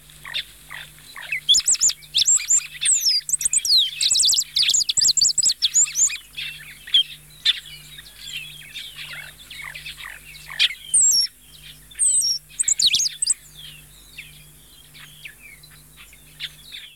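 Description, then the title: Shiny cowbird song: rapid bubbling, gurgling notes followed by high whistles, in bursts with pauses, over a faint broken hum. "Museo de Ciencias de Bahía Blanca - PdA - Tordo Renegrido"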